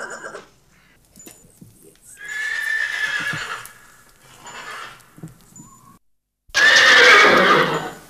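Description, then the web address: Horse whinnying, a quivering neigh and later a louder, harsher burst, with fainter sounds between. "Pferd"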